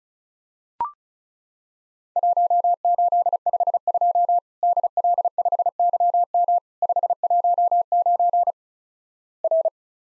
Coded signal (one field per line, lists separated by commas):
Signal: Morse code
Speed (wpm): 36 wpm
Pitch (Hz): 700 Hz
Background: none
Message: 1852 DL5YM 519 R